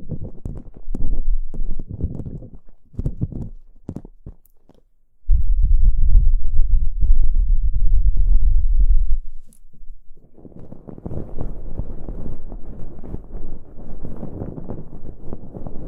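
Ear picking, heard as short scratchy scrapes and taps for the first five seconds. Then comes a loud, dense, muffled rubbing with a deep rumble that lasts about four seconds. After a brief pause, a softer, steady scratching rustle continues to the end.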